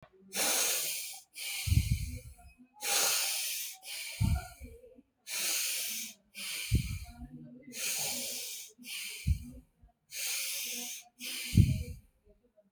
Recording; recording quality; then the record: deep breathing; excellent, no background noise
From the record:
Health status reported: healthy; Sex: male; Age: 30 years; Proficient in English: yes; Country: India